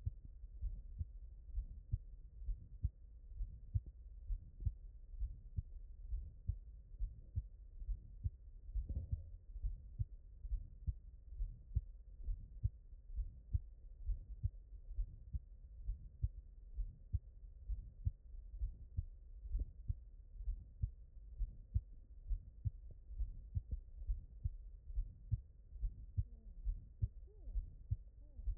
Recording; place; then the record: heart sounds by stethoscope; mitral valve (MV)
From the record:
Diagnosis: non-HFrEF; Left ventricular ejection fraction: 59%